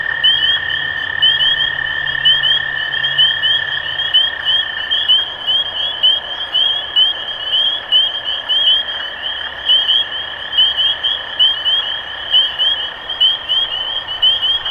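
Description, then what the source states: Spring peepers peeping in chorus, loud rising whistles pulsing about once a second over a continuous high shimmer and a steady lower whine. Recorded 23 March 2012.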